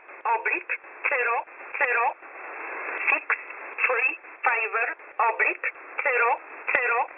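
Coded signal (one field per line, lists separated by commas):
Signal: numbers station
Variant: E11 Oblique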